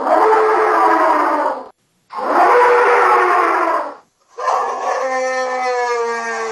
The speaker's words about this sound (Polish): Tak, proszę Państwa, według naukowców mógłby brzmieć mamut włochaty.